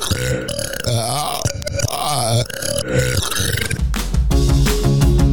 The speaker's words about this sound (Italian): E niente, rutti sia normali che al contrario, da adesso.